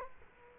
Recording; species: mosquito wingbeat signal from an infrared sensor; Culex quinquefasciatus